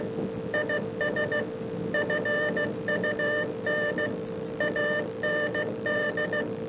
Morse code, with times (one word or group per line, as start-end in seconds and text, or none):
0.5-1.4 IS
1.9-4.1 FUN
4.6-6.4 AND